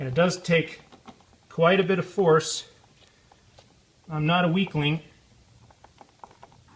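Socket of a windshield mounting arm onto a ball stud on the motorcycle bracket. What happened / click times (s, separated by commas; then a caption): The socket is being pushed on but has not snapped home / none. Someone talks while forcing the socket end of a National Cycle Street Shield EX motorcycle windshield mounting arm, with its boot pulled back, onto a metal ball stud on the motorcycle bracket, a job that takes considerable force. Faint small ticks come between about 5.9 and 6.4 seconds. The socket has not snapped onto the ball yet, so nothing has seated.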